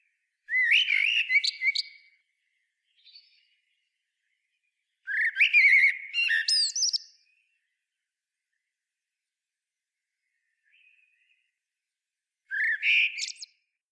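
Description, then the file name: Eurasian blackbird song: three separate phrases, each opening with low fluted whistles and ending in squeaky high twitters, with long silent gaps and faint brief notes between. "Turdus merula"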